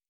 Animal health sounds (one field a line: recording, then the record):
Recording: hydrophone in a shrimp aquaculture tank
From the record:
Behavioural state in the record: normal